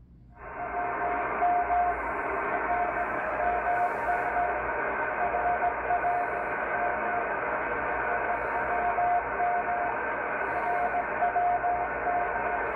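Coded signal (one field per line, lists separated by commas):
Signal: radio time signal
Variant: RWM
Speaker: 9996 rwm Moscow time signal on the MLA 30 Loop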